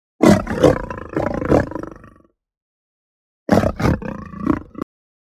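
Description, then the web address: Lion giving two deep, grunting roar bouts, the first about two seconds long, the second shorter after a pause. "lion roar growl shake"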